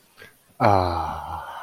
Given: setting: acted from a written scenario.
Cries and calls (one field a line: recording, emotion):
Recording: vocal sound without words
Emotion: serenity